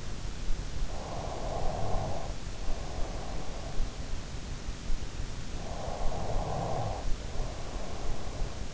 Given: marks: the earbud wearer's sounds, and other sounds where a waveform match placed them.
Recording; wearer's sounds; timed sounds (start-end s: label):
sounds in sleep by an in-ear microphone; snoring breath
0.85-3.67 s: snoring breath
5.57-8.74 s: snoring breath